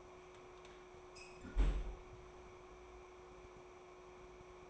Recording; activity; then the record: daily activity, microphone in the room; close fridge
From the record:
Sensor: 1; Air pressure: 1004.6 hPa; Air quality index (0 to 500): 194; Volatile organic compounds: 17 ppm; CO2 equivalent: 2568 ppm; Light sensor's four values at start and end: 4/10/4/4 and 4/11/4/4